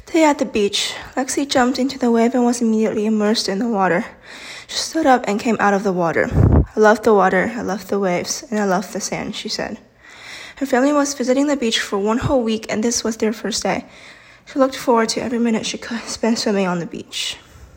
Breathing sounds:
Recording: reading aloud after running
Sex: female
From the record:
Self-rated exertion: moderate exertion (3 of 6)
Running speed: 5 miles an hour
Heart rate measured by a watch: 148 beats a minute at the start, 141 at the end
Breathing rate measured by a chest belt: 24 breaths a minute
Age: 18 years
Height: 171 cm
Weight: 75 kg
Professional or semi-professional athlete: no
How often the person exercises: 1 to 2 times a week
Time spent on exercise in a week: under 1 hour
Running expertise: no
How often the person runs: 1 to 2 times a week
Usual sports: running, fencing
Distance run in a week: 3 km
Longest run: 21.3 km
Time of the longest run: 190 minutes

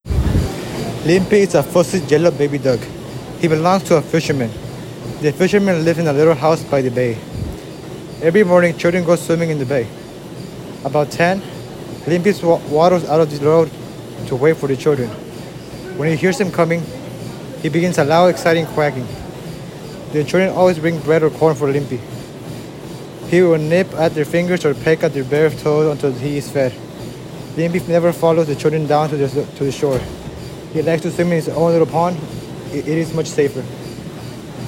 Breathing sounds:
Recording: reading aloud after running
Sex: male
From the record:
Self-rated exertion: light exertion (2 of 6)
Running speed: 7 miles an hour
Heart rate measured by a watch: 151 beats a minute at the start, 145 at the end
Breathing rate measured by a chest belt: 20 breaths a minute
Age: 18 years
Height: 179 cm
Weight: 72 kg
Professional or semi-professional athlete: no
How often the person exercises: 3 to 5 times a week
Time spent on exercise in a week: 3 to 4 hours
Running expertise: yes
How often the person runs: under once a week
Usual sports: weight training, basketball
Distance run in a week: 1 km

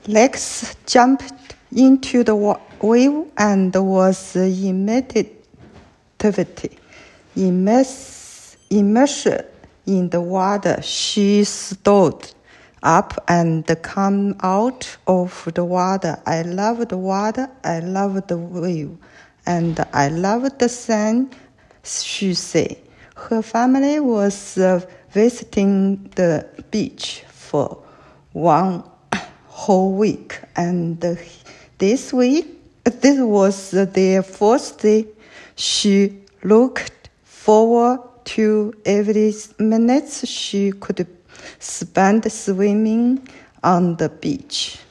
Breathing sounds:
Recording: reading aloud after running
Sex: female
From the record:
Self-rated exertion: very light exertion (1 of 6)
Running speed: 5 miles an hour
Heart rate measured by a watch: 94 beats a minute at the start, 97 at the end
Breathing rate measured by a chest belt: 17 breaths a minute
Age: 58 years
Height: 160 cm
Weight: 52 kg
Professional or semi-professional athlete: no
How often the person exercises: over 5 times a week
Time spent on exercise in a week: over 5 hours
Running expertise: no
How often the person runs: 3 to 5 times a week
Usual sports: running, swimming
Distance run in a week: 30 miles

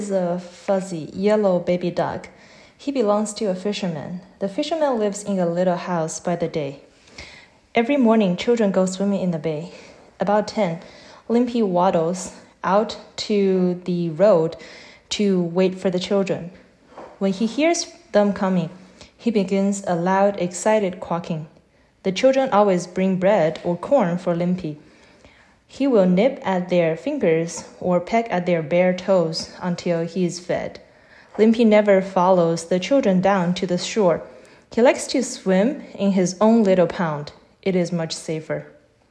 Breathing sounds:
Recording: reading aloud after running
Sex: female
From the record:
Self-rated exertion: moderate exertion (3 of 6)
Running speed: 7 miles an hour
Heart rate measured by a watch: 104 beats a minute at the start, 98 at the end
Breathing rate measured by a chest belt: 11 breaths a minute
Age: 26 years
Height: 172 cm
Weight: 60 kg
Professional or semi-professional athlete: no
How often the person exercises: over 5 times a week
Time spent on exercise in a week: over 5 hours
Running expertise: yes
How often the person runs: 3 to 5 times a week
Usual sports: running, interval training, yoga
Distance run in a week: 50 km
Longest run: 21 km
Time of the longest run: 122 minutes

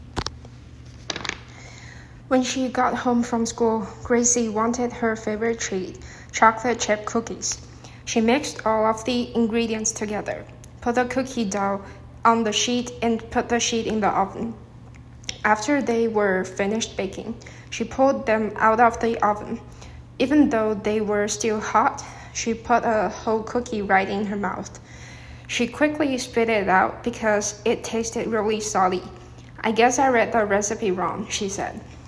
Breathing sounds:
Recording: reading aloud after running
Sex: female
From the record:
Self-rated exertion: light exertion (2 of 6)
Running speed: 6 miles an hour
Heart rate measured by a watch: 50 beats a minute at the start, 114 at the end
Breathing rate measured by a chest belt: 13 breaths a minute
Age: 24 years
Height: 163 cm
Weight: 52 kg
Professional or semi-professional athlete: no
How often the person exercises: 1 to 2 times a week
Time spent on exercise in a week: under 1 hour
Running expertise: no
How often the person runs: 1 to 2 times a week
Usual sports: interval training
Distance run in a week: 5 km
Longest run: 3 km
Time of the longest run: 30 minutes

